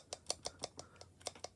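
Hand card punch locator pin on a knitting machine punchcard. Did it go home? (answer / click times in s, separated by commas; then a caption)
no / none. A hand card punch is set on the edge of a knitting machine punchcard where there is no locator hole and squeezed, giving sharp rattling hits from the punch handle being worked at about 0.1, 0.3, 0.5, 0.6, 0.8 and 1.3 s. The locator pin has no hole to click into, so nothing has clicked or seated, and the punch does not go through the card.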